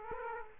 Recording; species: mosquito wingbeat signal from an infrared sensor; Aedes aegypti